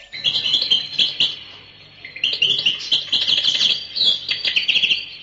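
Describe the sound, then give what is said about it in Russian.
A small bird, tossed into the air from a pocket, chirps in quick, high bursts, with a soft flutter of wings mixed in; the twittering pauses briefly, then resumes in lively clusters before fading. “И подбросил маленькую птичку, которая сидела у него в кармане.”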